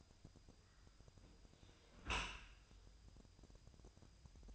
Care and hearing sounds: daily activity, microphone in the room; close dishwasher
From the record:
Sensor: 2

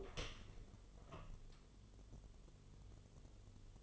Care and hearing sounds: daily activity, microphone in the room; open door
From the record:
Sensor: 4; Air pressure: 1016.1 hPa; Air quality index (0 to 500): 210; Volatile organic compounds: 13 ppm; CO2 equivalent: 2398 ppm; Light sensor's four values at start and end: 9/20/8/7 and 9/20/8/7

